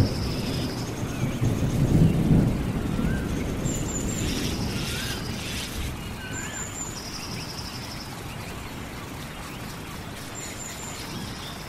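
A rainstorm in the forest: a dense, steady wash of rain with a low rumble, heaviest in the first few seconds and easing slightly afterward. High, thin bird calls repeat every few seconds, short trilled notes alongside a few brief lower chirps.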